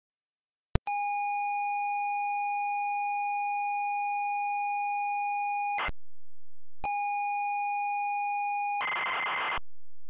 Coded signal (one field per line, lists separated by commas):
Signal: ZX Spectrum tape loading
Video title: Hudson Hawk (ZX Spectrum)